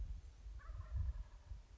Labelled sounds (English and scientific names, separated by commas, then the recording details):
Wild Turkey (Meleagris gallopavo)
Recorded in Sonoma County, California